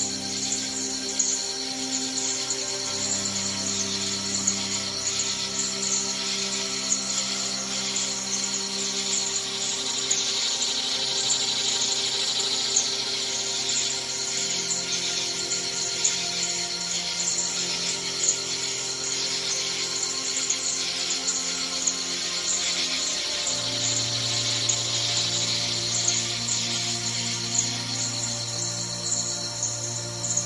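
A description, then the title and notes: Nature sounds from the Florida Everglades: a dense, steady high buzzing chorus, like insects, runs the whole half minute. Beneath it, low droning tones hold for a few seconds, then step to new pitches, with faint ticking above. Sounds of The Everglades. Nature sounds from the Florida Everglades.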